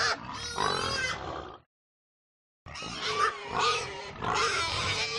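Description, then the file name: Domestic pigs giving harsh, shrill squeals and grunts in overlapping bursts, broken by a short silent gap before the noisy chorus resumes. A herd of many domestic pigs grunting and screaming. "smartsound ANIMAL PIG"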